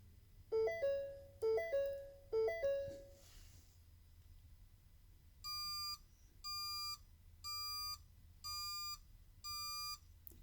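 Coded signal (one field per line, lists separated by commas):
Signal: beep code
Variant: Fobfix key programmer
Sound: three quick two-note chimes, a pause, then five even, steady electronic beeps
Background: low background hum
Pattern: 5 short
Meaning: Five beeps indicate zero keys are programmed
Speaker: it will count the keys and it will give us 5 beeps, which is to indicate there's 0 keys programmed.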